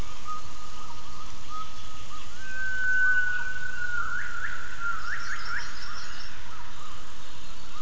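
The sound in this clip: Gibbon calling with a sustained whistled tone, then a few short rising notes, over steady noise.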